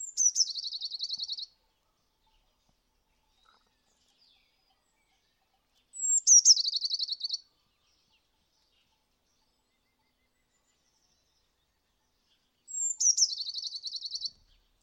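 Bird song repeated three times, roughly every six and a half seconds, each a high, thin, falling note running into a rapid, buzzy trill, with quiet pauses between.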